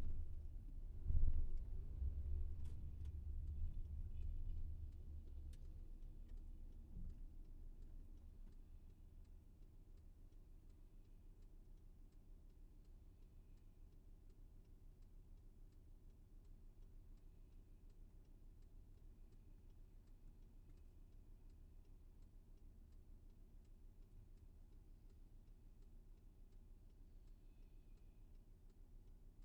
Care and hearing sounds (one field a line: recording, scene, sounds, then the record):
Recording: everyday scene through a hearing-aid microphone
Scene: in a vehicle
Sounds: engine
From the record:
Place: VW T5 Caravelle, diesel engine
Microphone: behind the ear, left, rear